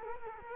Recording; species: mosquito wingbeat signal from an infrared sensor; Culex quinquefasciatus